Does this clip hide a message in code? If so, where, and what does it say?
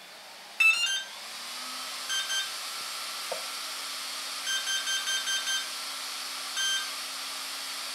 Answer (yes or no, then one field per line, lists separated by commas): no